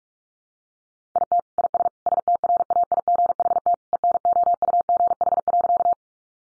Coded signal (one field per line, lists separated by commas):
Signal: Morse code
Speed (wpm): 44 wpm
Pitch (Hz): 700 Hz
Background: none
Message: IT IS STRAIGHT ENOUGH.